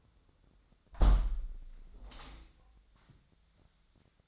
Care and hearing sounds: daily activity, microphone in the room; close window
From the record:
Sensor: 3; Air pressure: 1006.5 hPa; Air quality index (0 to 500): 202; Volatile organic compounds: 17 ppm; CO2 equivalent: 2568 ppm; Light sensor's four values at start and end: 10/24/10/10 and 10/24/10/10

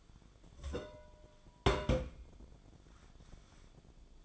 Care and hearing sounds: daily activity, microphone in the room; place on stove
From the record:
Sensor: 5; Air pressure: 1010.0 hPa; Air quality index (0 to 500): 152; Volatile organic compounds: 3 ppm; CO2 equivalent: 1477 ppm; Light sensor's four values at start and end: 249/605/258/284 and 250/607/259/286

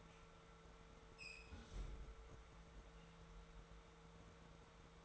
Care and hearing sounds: daily activity, microphone in the room; close fridge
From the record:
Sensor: 3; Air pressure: 1014.8 hPa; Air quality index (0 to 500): 197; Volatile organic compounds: 26 ppm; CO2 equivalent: 2874 ppm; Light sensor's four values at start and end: 14/35/14/15 and 16/40/16/17

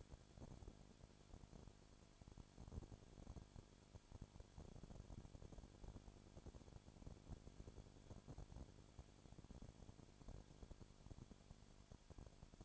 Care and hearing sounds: daily activity, microphone in the room; no activity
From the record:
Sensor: 5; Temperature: 20.2 degrees Celsius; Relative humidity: 36.5%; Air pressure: 1001.2 hPa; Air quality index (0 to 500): 177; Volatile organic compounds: 4 ppm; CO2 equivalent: 1609 ppm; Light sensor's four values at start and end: 2/3/1/1 and 2/3/1/1

